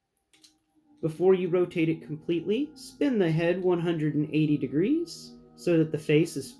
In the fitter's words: And you'll hear that nice click. That snap means you've unsnapped it.